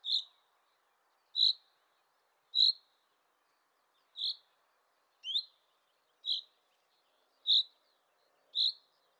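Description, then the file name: Common chaffinch calling with sharp, bright single notes repeated about once a second, eight in total, over near silence. "Fringilla coelebs"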